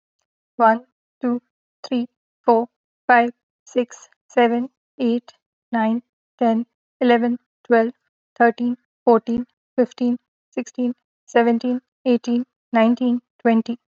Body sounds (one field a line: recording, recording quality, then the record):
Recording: counting at a normal pace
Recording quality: moderate, slight background noise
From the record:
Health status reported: healthy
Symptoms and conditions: none ticked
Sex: female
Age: 41 years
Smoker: not ticked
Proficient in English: yes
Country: India